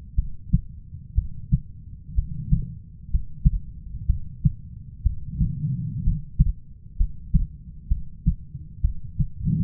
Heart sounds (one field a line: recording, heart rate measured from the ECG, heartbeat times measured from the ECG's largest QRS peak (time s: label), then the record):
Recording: heart sounds by stethoscope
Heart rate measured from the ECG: 62 bpm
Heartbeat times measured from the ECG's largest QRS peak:
0.15 s: heartbeat
1.15 s: heartbeat
2.15 s: heartbeat
3.10 s: heartbeat
4.06 s: heartbeat
5.03 s: heartbeat
6.03 s: heartbeat
6.97 s: heartbeat
7.88 s: heartbeat
8.81 s: heartbeat
From the record:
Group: healthy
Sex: female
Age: 37 years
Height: 168 cm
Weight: 70 kg